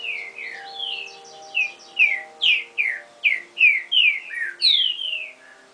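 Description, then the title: Double-collared seedeater singing a quick, varied string of sweet slurred notes, roughly two or three per second, over a constant faint low-pitched tonal hum. "Canto Coleiro"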